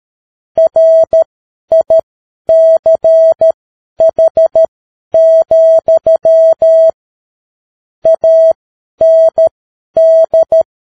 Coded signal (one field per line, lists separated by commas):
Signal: Morse code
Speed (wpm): 13 wpm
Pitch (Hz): 650 Hz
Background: none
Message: RICH, AND